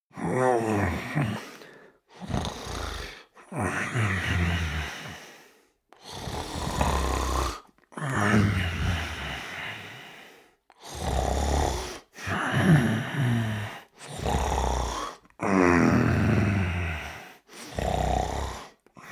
Male sleep snore.